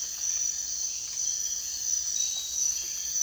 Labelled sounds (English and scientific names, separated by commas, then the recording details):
none
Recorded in dense forest near Puerto Asís, Putumayo, Colombia, on 19 June 2025 at 04:30
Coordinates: 0.466, -76.327
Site GP04